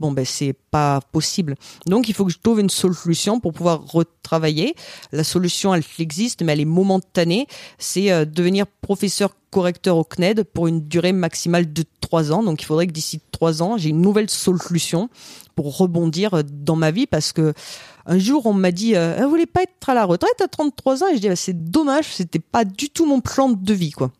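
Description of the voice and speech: A woman in her thirties, aphasic after a stroke a few months postpartum, speaks French at a measured pace, with a repeated word, stretched and doubled consonants, hesitation fillers and an unusual, slightly foreign-sounding rhythm. Apraxia of speech makes her stutter, as she cannot correctly move the muscles of her face and tongue; dysarthria, an articulation disorder, adds a stroke-caused pseudo-accent.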